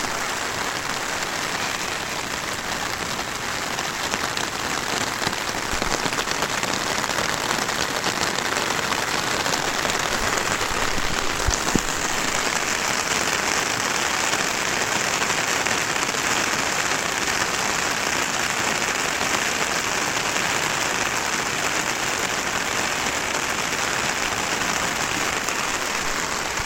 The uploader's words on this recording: Rain sounds on umbrella.